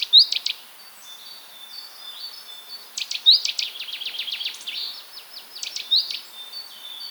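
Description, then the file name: Great tit calls: sharp click bursts repeated several times, one leading into a rapid rattling series of buzzy notes. "Parus major"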